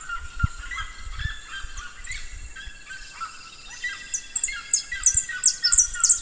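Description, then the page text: Red-legged seriema calling in rapid yelps that grow louder and higher, becoming shrill, clipped notes in the final seconds over a quiet background. "Seriema (Cariama cristata)"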